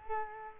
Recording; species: mosquito wingbeat signal from an infrared sensor; Culex quinquefasciatus